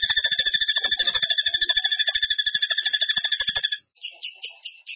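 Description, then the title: Bird song: a fast, even, buzzy trill of high repeated pulses for nearly four seconds, then a brief pause and several harsher chattering bursts. Bird song in the tembakan gacor style, used as masteran (training for other birds). "Masteran Burung Tembakan Gacor"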